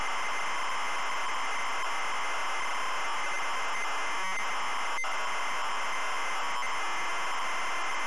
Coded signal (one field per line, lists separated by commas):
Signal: ZX Spectrum tape loading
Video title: ZX SPECTRUM Loading Avenger 1986 Gremlin Graphics